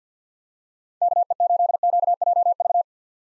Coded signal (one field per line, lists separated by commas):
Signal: Morse code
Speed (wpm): 49 wpm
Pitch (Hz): 700 Hz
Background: none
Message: KE8QJV